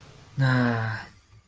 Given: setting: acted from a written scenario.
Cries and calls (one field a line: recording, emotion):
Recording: vocal sound without words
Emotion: disappointment